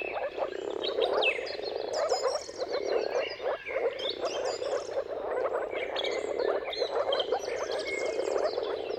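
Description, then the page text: Moor frogs produce an unbroken, low, bubbling chorus of overlapping calls, and birds sing faintly higher up throughout. Mating calls of moor frogs in a chorus at sunrise, at the turn of March and April depending on the weather. "earth-fm Jakub-Orzecki moor frogs. Dawn’s Chorus: Mating Calls of Marsh Frogs at Sunrise. Depending on the weather at the turn of March and April, you can witness an amazing spectacle of moor frogs"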